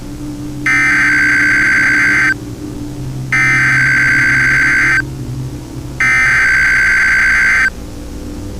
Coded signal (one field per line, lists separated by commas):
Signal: Emergency Alert System (SAME) tones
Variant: header bursts